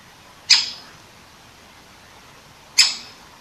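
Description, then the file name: Great Spotted Woodpecker uttering two loud, clipped, high-pitched 'kik' notes a little over two seconds apart, otherwise quiet. Recorded 21 September 2015 at 19:10. "dzieciol duzy nikolay sariev - (dendrocopos major), 2015-09-21 , 19 10"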